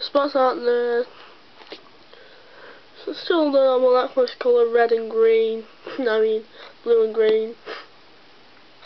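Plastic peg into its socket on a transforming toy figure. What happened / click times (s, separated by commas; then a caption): The plastic peg is being handled and has not yet locked into place / none. A plastic peg is being fitted into its socket on a Bakugan transforming toy figure, handled but not yet home; nothing has seated or clicked yet. Someone talks throughout, with a couple of short sniffs and faint handling noises in the pauses around 1.7 and 2.1 seconds.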